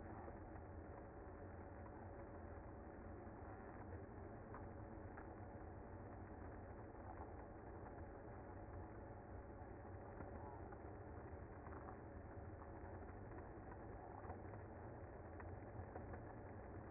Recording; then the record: honeybee colony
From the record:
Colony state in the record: active